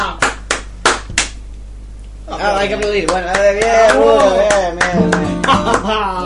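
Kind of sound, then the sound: crowd, hand clapping applause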